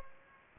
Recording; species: mosquito wingbeat signal from an infrared sensor; Aedes aegypti